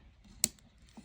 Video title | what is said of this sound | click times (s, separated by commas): Müller and Son 😊🕊🐉. ￼ California hand made a Watchstrap from.Horween leather… | is the click and and that locks the deployment. | 0.4 s